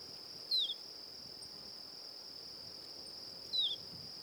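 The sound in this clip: Tropeiro seedeater giving two brief downslurred whistled notes roughly three seconds apart, with a constant shrill insect tone running underneath.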